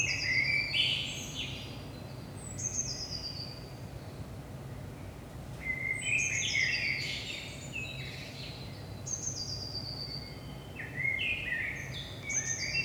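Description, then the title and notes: Common blackbird song of several quick phrases, fluty low whistles running into high sliding squeaks, repeated every few seconds against a steady low hum. Recorded in Saint-Gilles, Belgium, at 5 am in the early morning; DPA 4060 microphones in AB position into a Zoom F3 recorder. "Saint-Gilles, Belgique - 5am Blackbird. Blackbird in the morning. Merle au petit matin"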